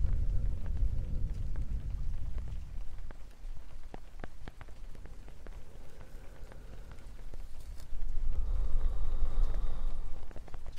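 Soft tapping in the rain, with scattered sharp taps around the middle and a low rumbling hush underneath. The low murmur is strongest at the start and swells again after eight seconds, with faint breathy tones drifting above.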